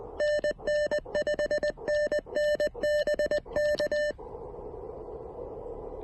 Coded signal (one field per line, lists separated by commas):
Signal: Morse code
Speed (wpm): 20 wpm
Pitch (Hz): 590 Hz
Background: music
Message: NN 5NN BK